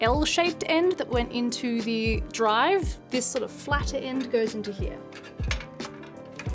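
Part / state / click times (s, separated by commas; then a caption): SATA data cable into motherboard SATA port / seated / 5.5 s. Someone talks over background music while the flat end of a SATA data cable, whose L-shaped end went into the drive, is pushed into the SATA port on the motherboard. A short, sharp click is heard at 5.5 seconds, followed by a couple of fainter ticks, as the cable seats in the port.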